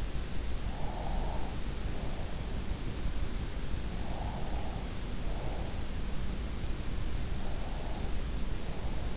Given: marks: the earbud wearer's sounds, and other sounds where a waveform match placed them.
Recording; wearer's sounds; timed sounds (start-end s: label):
sounds in sleep by an in-ear microphone; breath
0.51-2.40 s: breath
4.07-5.82 s: breath
7.45-9.17 s: breath